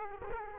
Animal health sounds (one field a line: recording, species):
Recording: mosquito wingbeat signal from an infrared sensor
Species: Culex quinquefasciatus